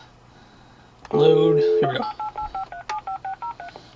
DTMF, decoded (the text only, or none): 888537503